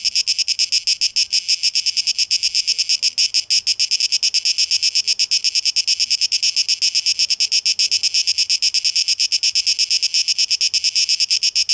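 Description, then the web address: Cicada song: a sustained shrill buzz with rapid, slightly uneven pulsing, continuing without pause. Recorded 12 August 2023; tape echo mix. "rauschpartikel 2023-08-12 Zikaden"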